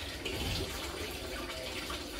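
A microSD card is lined up at the card slot of an MJX Bugs 12 EIS drone, gold contacts on top, before being pushed home. A steady broadband, water-like hiss with low rumble runs throughout, with no distinct sudden sounds. Nothing has seated or clicked yet.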